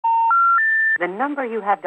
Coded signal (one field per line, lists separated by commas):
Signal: telephone call progress tone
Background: speech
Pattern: special information tone